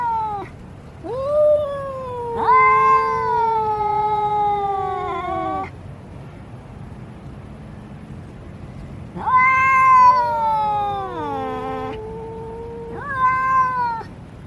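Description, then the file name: Domestic cat calling in bouts of long, plaintive meows that slide downward, with a quiet gap of a few seconds in the middle. Male cat (tomcat). "tieng meo duc keu"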